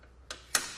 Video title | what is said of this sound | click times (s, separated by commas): etrailer - Does the RockyMounts MonoRail Bike Rack for 2 Bikes Suit Your 2018 Hyundai Tucson | Again, you come to that lever, pull towards you, and just push up until you hear that click again. | 0.3 s, 0.6 s